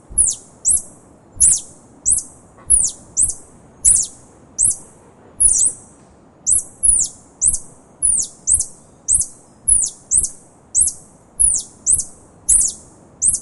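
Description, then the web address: Tarsier calls: a steady series of piercing, very high chirps, often doubled, repeated more than once a second. "earth naturelibrary assets t ta tarsier"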